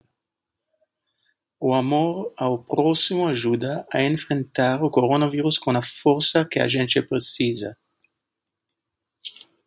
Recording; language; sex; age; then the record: spoken sentence; Brazilian Portuguese; male; 50 to 59 years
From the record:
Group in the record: control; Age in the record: 55 years